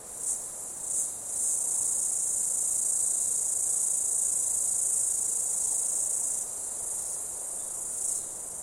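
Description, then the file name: Cicada call: two short shrill pulses lead into a continuous high-pitched buzzing drone that softens slightly near the end, with one more brief burst. Australian cicada call, stereo. "INSECTS CIDADAS AUSTRALIAN CALL"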